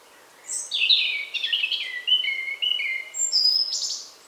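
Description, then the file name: European robin song, a thin, wavering phrase of high whistles and trills that drops in steps and then jumps back up to sharp high notes at the end. "Erithacus rubecula"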